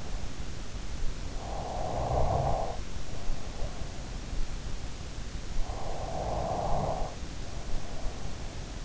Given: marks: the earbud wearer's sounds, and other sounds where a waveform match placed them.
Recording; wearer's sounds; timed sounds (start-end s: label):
sounds in sleep by an in-ear microphone; snoring breath
0.78-4.45 s: snoring breath
5.34-8.85 s: snoring breath